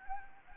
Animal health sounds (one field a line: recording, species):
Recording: mosquito wingbeat signal from an infrared sensor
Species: Anopheles gambiae